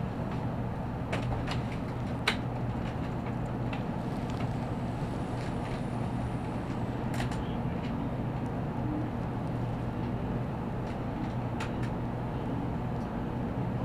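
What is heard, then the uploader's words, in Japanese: Inside a bullet train car, a steady low rumble and hum continue throughout, with scattered soft clicks and knocks breaking in occasionally. 東海道新幹線 名古屋→豊橋 こだま号自由席。14号車に乗車しました。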